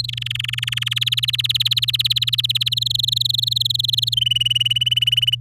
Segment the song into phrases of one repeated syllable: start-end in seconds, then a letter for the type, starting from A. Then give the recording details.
0.00-0.06 A, 0.08-0.99 B, 1.01-2.69 C, 2.71-4.14 D, 4.17-5.35 E. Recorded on 10 May 2018 at 11:17. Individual llb16